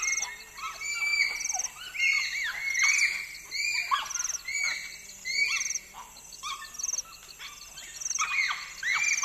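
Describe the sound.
Bonobo calls, many overlapping high arched squeaks and peeps rising and falling in a busy chorus.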